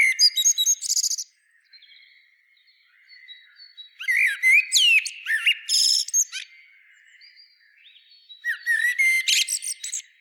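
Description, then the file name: Common blackbird song in separated phrases, each a rapid mix of whistled notes and high twittering, with quiet gaps of a couple of seconds between. "Turdus merula"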